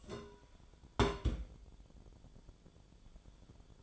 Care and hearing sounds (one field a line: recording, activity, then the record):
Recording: daily activity, microphone in the room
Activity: place on stove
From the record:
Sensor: 5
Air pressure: 1010.1 hPa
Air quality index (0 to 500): 148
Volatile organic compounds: 3 ppm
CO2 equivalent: 1440 ppm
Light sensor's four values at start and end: 254/624/265/290 and 254/620/264/291